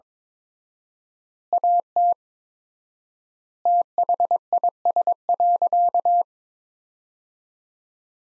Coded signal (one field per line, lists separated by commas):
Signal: Morse code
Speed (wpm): 22 wpm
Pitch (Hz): 700 Hz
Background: none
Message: AT THIS.